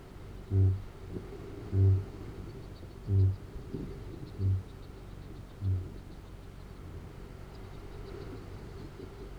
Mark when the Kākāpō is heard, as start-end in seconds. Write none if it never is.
0.00-5.01, 5.43-6.08